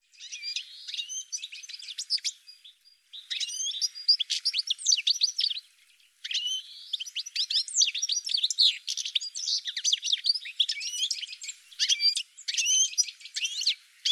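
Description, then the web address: Bird calls: continuous high twittering chatter of quick chirps and slurred notes, broken by two brief pauses. "cianscape birddata Deverinetal 2025 File cleaned normalized Bird"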